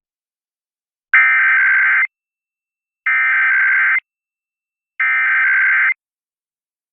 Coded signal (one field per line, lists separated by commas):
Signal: Emergency Alert System (SAME) tones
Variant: header bursts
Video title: [EAS #2030-#2034] Why Hello there KLOVE, KSL & KUTR